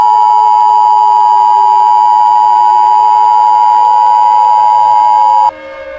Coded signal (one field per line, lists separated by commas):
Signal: Emergency Alert System (SAME) tones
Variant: 853 and 960 Hz attention tone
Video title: Big Crunch: An EAS Mock (Reboot)